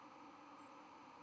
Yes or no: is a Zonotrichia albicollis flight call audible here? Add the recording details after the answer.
no. Another species' flight call is heard. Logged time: 01:04 on 12 November 2014